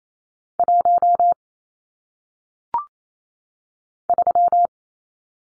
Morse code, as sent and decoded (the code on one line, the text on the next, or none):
.---- / ...--
1 3